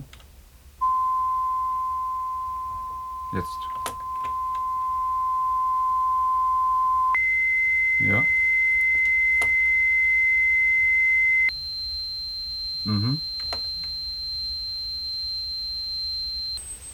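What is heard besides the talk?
hearing test tone beeps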